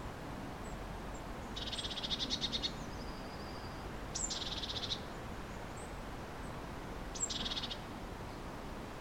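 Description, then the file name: Eurasian blue tit giving three churrs, most led by a sharp high note, each a rapid buzzy rattle of about a second, spaced roughly three seconds apart over steady background hiss. "Cyanistes caeruleus"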